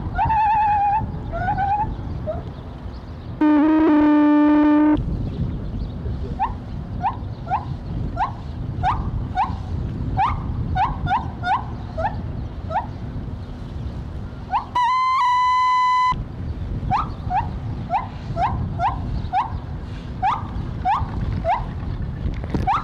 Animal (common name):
Lar Gibbon